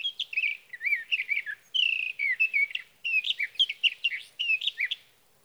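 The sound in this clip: Sage thrasher in full song, hurried warbled phrases with clear whistled slurs.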